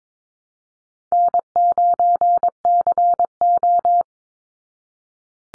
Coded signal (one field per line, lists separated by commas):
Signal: Morse code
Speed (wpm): 22 wpm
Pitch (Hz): 700 Hz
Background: none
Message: N9CO